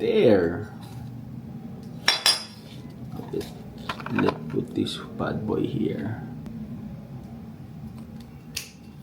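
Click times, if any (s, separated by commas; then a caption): none. A 2TB SSD is handled and positioned at an external enclosure that opens with a screw, with sharp metallic clinks and knocks as parts are moved around. Someone talks. Nothing has seated or clicked yet.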